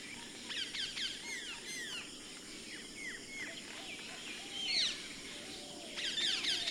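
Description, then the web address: Common myna giving a varied mix of short downslurred whistles, clicks and harsh rasping notes, ending in a scratchy burst. Recorded February 2011. "2011 02 Martin-triste"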